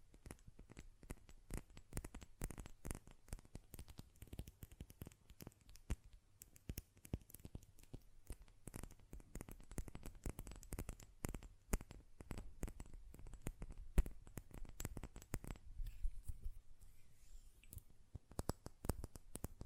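Glass perfume bottle and lid produce dense, irregular sharp taps and clicks throughout, clustered in quick bursts, with faint low rumble underneath.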